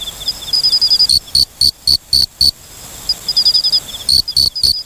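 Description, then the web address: Forest okame cricket giving a burst of about six crisp, high chirps, then a pause, then another burst starting near the end. "sikioto insect moriokamekourogi"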